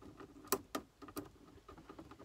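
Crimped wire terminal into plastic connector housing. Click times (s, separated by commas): 0.5 s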